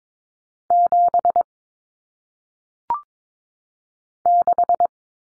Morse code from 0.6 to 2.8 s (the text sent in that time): 7